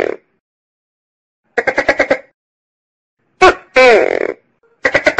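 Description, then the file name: Tokay gecko call: a pulsed, chuckling rattle, a pause, then a loud two-part note, short bark and drawn-out descending croak, with a second rattle after. "Tieng keu cua con tac ke"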